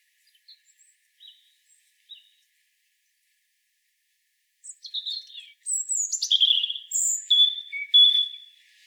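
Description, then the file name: European robin song, opening with soft, thin isolated notes, then a loud run of high sliding whistles and warbles, varied and fluid, in quiet surroundings. "Erithacus rubecula"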